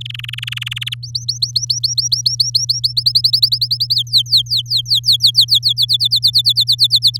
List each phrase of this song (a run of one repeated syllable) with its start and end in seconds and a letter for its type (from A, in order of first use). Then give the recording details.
0.01-0.79 A, 0.81-0.94 B, 1.03-2.93 C, 2.97-3.95 D, 3.96-5.73 E, 5.76-7.18 F. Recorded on 7 May 2018 at 14:17. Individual llb16